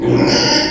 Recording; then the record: squeal of a Yucatan mini pig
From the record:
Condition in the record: before surgery on the right vocal fold (resection and tissue-engineered implant); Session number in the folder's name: 1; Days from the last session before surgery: -3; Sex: male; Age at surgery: 12 weeks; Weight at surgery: 13 kg